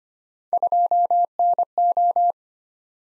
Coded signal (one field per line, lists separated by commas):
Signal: Morse code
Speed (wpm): 25 wpm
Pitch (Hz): 700 Hz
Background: none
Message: 2NO